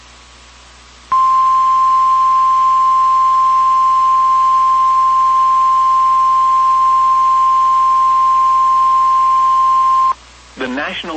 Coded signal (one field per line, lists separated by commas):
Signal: Emergency Alert System (SAME) tones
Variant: 1050 Hz attention tone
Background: speech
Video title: (PARTIAL VALID TONES) EAS Tornado Watch for Ohio, Kentucky, and Indiana! (04/02/24)